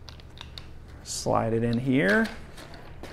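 The main landing gear wire of a HobbyZone AeroScout S / S 2 1.1m RC foam airplane is handled as it is slid toward its plastic mount in the fuselage, with a few faint short ticks near the start while someone talks. Nothing has seated or clicked yet: the clip ends just before the gear snaps into place.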